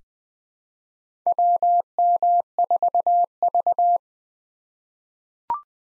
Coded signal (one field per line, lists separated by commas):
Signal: Morse code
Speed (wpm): 21 wpm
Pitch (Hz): 700 Hz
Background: none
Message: WM4V